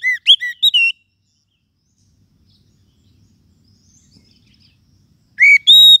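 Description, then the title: Lovebird shrill calls, a quick burst of sharp squeaky chirps at the start, then near silence, then two more piercing calls at the end. Lovebird call used as a lure (pikat) to attract birds. "PIKAT BURUNG LOVEBIRD"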